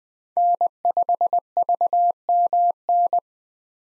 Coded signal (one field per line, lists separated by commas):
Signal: Morse code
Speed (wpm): 20 wpm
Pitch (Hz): 700 Hz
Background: none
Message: N5VMN